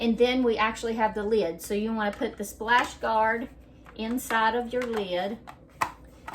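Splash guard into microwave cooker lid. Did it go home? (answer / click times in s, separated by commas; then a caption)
yes / 5.8 s. A plastic splash guard is placed inside a plastic microwave cooker lid while someone talks. It snaps into place with a sharp click at 5.8 s, followed by a couple of faint ticks, and the guard is seated in the lid.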